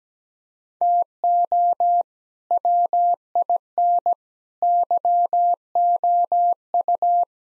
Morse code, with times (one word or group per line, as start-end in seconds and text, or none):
0.8-2.0 TO
2.5-4.1 WIN
4.6-7.2 YOU